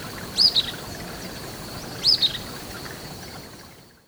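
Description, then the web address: Golden-crowned flycatcher giving two high, squeaky double notes about a second and a half apart, over a soft hiss that fades at the end. Ecuador. "Birds of Ecuador. Golden-crowned Flycatcher"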